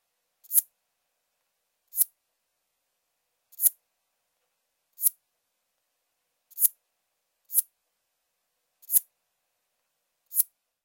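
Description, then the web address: Fork-tailed bush katydid song: sharp, very high ticks that come about every one and a half seconds, eight in all, with silence between them. "Crickets and Katydids. Forktailed Bush Katydid, Scudderia furcata"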